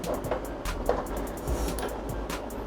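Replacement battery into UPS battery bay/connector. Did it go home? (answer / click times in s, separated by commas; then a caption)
no / none. A replacement battery is being handled and placed into its slot in a UPS battery bay, with music playing underneath. A few short knocks and taps stand out over the music at about 0.3, 0.9 and 1.8 seconds. The battery has not clicked into place yet, and nothing has seated.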